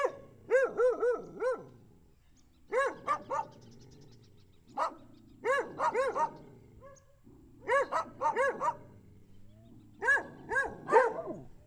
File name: Cachorros latindo bem perto com passaros longe